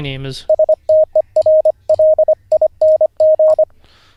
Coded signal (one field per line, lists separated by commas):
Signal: Morse code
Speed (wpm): 25 wpm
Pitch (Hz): 620 Hz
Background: speech, radio noise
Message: STERLING